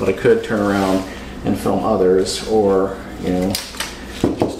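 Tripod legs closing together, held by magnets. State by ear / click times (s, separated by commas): seated / 4.4 s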